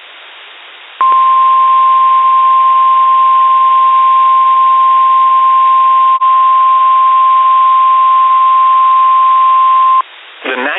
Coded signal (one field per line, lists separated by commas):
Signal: Emergency Alert System (SAME) tones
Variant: 1050 Hz attention tone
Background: speech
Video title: Severe Weather EAS Alerts on WXJ42 Meriden, CT (5/22/22) (EAS #8-11)